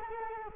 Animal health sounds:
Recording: mosquito wingbeat signal from an infrared sensor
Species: Culex quinquefasciatus

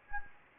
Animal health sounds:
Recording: mosquito wingbeat signal from an infrared sensor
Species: Anopheles gambiae

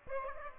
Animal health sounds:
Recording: mosquito wingbeat signal from an infrared sensor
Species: Aedes aegypti

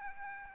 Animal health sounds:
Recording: mosquito wingbeat signal from an infrared sensor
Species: Aedes albopictus

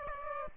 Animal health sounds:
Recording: mosquito wingbeat signal from an infrared sensor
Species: Aedes aegypti

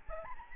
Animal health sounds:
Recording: mosquito wingbeat signal from an infrared sensor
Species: Aedes albopictus

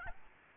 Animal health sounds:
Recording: mosquito wingbeat signal from an infrared sensor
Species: Aedes albopictus

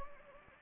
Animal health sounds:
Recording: mosquito wingbeat signal from an infrared sensor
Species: Anopheles gambiae

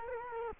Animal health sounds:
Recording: mosquito wingbeat signal from an infrared sensor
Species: Culex quinquefasciatus

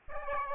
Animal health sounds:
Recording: mosquito wingbeat signal from an infrared sensor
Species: Aedes aegypti

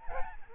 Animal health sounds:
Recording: mosquito wingbeat signal from an infrared sensor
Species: Aedes albopictus

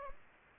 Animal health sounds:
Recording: mosquito wingbeat signal from an infrared sensor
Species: Anopheles gambiae

